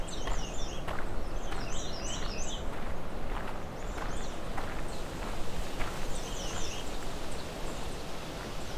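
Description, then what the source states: American redstart songs: quick series of very high, thin, repeated notes in several phrases, with scattered sharp ticking sounds and steady background noise. More than a few American redstarts singing at Alvar Bay, July 26, 2020.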